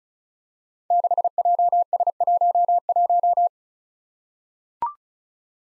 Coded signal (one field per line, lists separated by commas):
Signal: Morse code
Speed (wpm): 36 wpm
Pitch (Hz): 700 Hz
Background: none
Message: 6JS11